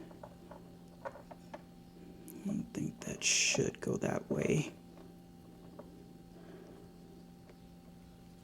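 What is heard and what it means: A Yeslak frunk LED light strip's plastic wiring harness connector for a Model 3/Y is handled and lined up with the vehicle's frunk light plug, with faint small taps and rustles followed by someone talking from about 2.3 to 4.7 seconds. The connector turns out to be in the wrong orientation, so nothing has been pushed home or clicked yet.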